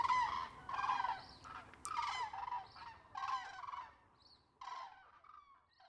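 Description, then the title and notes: Common cranes calling: loud, rolling, harmonic-rich calls in repeated bursts, with softer notes near the end. Cranes waking at their roost on Lac du Der, Marne, recorded from a dike on 6 January 2019 in winter; Nomad Zaxcom recorder with two MKH8040 microphones. "Murmures de l'hiver 2. Lac du DER - 06 janvier 2019-Nomad zaxcom - 2xmkh8040. tout le reste étant des appels de Grue cendrée"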